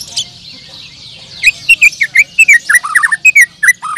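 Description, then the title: Bird song: quiet high twittering, then a rapid stream of loud sharp chirps and slurred whistles, some dipping lower, to the end. "Kicau Burung"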